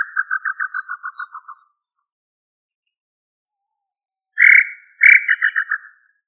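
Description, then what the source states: Quail call: a rapid pulsed series of stuttering notes, then after a pause a harsh note followed by another quick stuttered run. Family Tinamidae; local name Puyuh.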